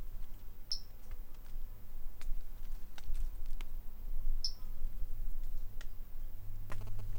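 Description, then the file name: Brachycephalus tridactylus call: two brief, high, pure notes about four seconds apart, over low hum and scattered faint clicks. Individual 03 of the species, example 03; recordist M R Bornschein; the animal was not collected. "Brachycephalus tridactylus individual 03 example 03 not collected by MR Bornschein"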